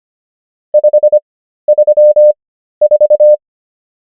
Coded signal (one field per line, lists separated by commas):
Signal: Morse code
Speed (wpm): 25 wpm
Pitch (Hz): 600 Hz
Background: none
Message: 534